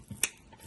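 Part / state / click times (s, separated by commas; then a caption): tourniquet strap locking in its buckle on an arm / seated / 0.2 s. The strap of a SAM XT tourniquet is pulled tight on a training patient's arm until its buckle mechanism locks. A sharp, bright click at 0.2 s stands out clearly above a few soft low rustles and thumps from the strap handling. The buckle locks in place, confirmed as seated.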